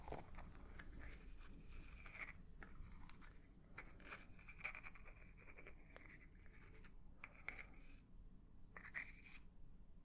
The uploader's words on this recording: 10 Tingly Triggers For Sleep Face Brushing, Tapping, Crinkling etc.